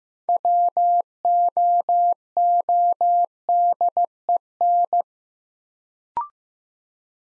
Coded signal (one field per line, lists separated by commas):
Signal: Morse code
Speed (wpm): 15 wpm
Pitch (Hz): 700 Hz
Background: none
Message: WOODEN